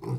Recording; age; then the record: pig call; weaner (32 to 43 days)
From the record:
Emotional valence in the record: negative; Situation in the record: long isolation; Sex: female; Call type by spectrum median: low-frequency call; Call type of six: low-frequency stable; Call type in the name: low-frequency stable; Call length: 0.19 s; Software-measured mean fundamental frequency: 61 Hz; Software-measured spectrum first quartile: 128 Hz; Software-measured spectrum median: 203 Hz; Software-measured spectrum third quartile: 475 Hz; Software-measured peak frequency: 131 Hz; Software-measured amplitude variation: 122 dB a second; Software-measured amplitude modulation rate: 28.3 a second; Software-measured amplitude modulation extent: 4.3 dB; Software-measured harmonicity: 1.7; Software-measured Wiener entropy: -0.54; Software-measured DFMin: 1142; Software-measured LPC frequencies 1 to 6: 261, 969, 2159, 4499, 5294, 6566 Hz